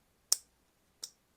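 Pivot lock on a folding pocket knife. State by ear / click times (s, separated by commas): seated / 0.3 s, 1.0 s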